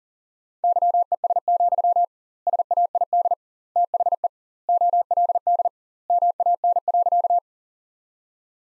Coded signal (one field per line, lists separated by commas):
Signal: Morse code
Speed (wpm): 40 wpm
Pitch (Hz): 700 Hz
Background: none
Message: YES, SAID THE OLD MAN.